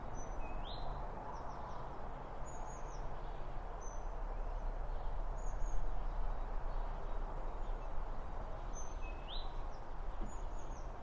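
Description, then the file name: Birds calling with scattered thin high notes and two rising slurred chirps, set over a continuous low rumble. Birds around a bird feeder, recorded with two Line Audio OM1 microphones. "Birds Around Birdfeeding With Two Om 1 From Line Audio"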